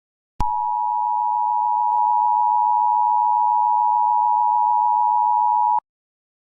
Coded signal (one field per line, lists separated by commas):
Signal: Emergency Alert System (SAME) tones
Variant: 853 and 960 Hz attention tone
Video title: Mimik|Vita Carnis Türkçe EAS Acil Durum Senaryosu